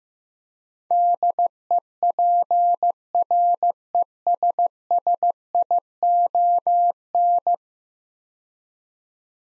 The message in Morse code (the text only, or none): DEPRESSION